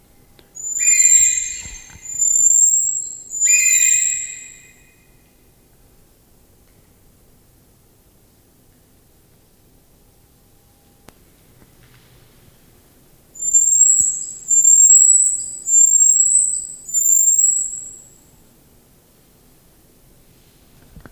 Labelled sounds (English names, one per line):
Common Marmoset call